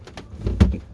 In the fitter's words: yeah that's clicked in now